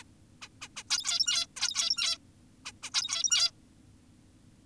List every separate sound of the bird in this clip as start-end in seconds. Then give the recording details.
0.42-0.48, 0.62-0.68, 0.76-0.83, 0.90-1.47, 1.57-2.18, 2.66-2.72, 2.83-2.90, 2.94-3.51. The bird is an adult. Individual g17y2U